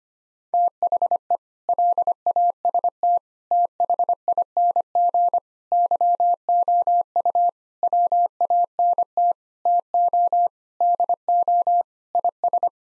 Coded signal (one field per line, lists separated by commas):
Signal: Morse code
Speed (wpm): 25 wpm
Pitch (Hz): 700 Hz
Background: none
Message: THE LAST THING YOU WANT TO DO IS